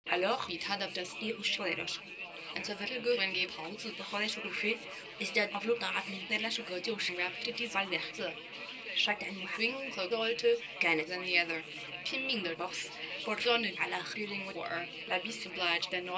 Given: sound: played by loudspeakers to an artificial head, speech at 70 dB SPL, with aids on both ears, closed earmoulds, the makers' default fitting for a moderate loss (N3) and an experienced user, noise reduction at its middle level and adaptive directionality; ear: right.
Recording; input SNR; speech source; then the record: speech test signal (ISTS) in cocktail-party noise; +9 dB; in front (0 degrees)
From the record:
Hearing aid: class 2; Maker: C